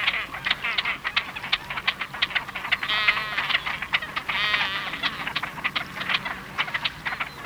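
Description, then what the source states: Great Crested Grebe giving fast grating chatter, with two longer, more tonal, nasal calls standing out near the middle of the run. Field recording from Sweden.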